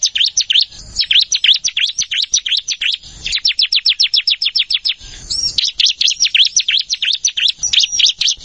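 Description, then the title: Plain Prinia song: rapid high chirping notes in long rattling bursts, briefly pausing near three and five seconds before resuming. "Ciblek Sawah"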